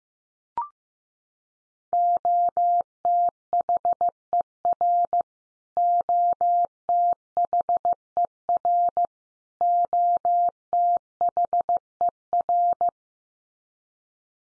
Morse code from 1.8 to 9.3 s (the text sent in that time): OTHER OTHER